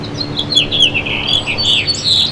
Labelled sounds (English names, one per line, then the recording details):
House Finch song
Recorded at Moriches on Long Island, New York, on 22 June 2013
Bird B